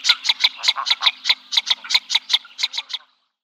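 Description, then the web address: Northern Shoveler male uttering a fast run of many hollow, clicking tuk notes, then stopping. "Schulze Peter Shoveler male"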